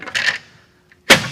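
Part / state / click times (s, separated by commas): plastic wheel skin onto car alloy wheel / seated / 1.1 s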